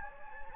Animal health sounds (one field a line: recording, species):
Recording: mosquito wingbeat signal from an infrared sensor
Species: Anopheles gambiae